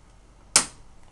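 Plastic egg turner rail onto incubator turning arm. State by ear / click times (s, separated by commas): seated / 0.6 s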